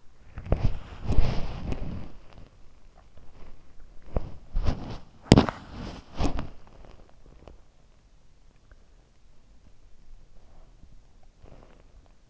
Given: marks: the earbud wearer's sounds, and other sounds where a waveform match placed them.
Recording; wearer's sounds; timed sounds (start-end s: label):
sounds in sleep by an in-ear microphone; body movement
0.00-12.30 s: body movement